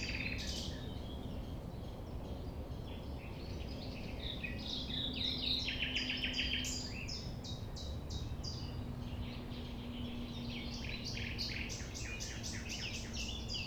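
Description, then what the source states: Common nightingale song: a loud buzzy rattling series of repeated notes mid-phrase, set among a busy chorus of other high chirping birds over a steady low hum. Recorded at 6 a.m. at sunrise near the Thève, at Champ de Ménage; the nightingale sings without waiting for silence.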